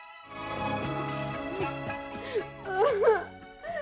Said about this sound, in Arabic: نعم يا ماما. بطلي عياط. غصب عني يا ماما. تكونش لسه بتحبيه يا بنت؟ مش قوي يا ماما. امال بتعيطي ليه؟